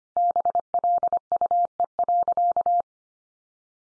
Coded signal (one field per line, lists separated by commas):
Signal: Morse code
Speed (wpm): 25 wpm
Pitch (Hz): 700 Hz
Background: none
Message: BLUE.